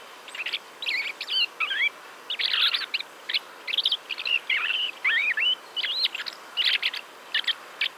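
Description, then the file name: Common blackbird calls, loud and steady: rapid sequence of sharp chips mixed with whistled, wavering slurs, nearly continuous throughout. "Turdus merula"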